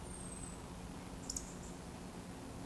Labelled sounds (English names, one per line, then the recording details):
Eurasian Woodcock whistle
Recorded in Baden-Württemberg, Germany, on 23 June 2020 at 19:36 UTC
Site 14569, 102 m above sea level